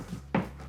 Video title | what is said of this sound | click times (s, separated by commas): 7 CLEVER Picture Hanging Tricks Everyone Should Know | At that point, it should click into place. | 0.3 s